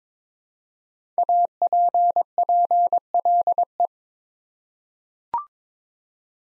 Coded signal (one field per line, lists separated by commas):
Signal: Morse code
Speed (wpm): 22 wpm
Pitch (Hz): 700 Hz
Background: none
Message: APPLE